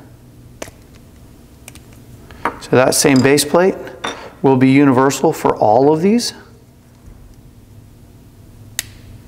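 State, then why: Seated. A plastic organizer container is pressed into a universal plastic wall base plate from a Wallwerx storage and organization kit. Someone talks over a few light taps before a loud, sharp click at 8.8 s as the container snaps into the base plate and seats.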